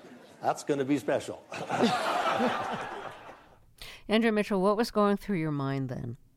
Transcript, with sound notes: That's going to be special.
(LAUGHTER)
Andrea Mitchell, what was going through your mind then?